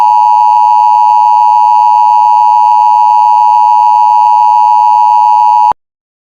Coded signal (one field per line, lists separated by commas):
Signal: Emergency Alert System (SAME) tones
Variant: 853 and 960 Hz attention tone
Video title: EAS Mock: Tornado Warning